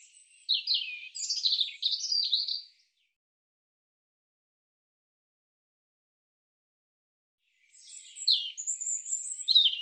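European robin song: a high, jangling phrase of varied twittering notes near the start, then silence for about five seconds before a second tumbling, sweet phrase at the end.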